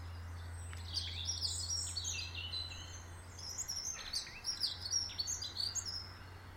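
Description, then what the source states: Birds twittering with many high rapid chirps over a low hum that weakens midway. Birds in a garden.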